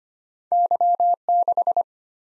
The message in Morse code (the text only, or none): Y6